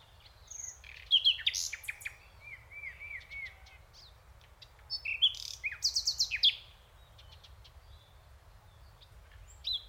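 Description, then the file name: Common nightingale singing varied phrases: sharp clicks, scratchy notes, and a row of short slurred whistles, over a steady low rumble. "Luscinia megarhynchos"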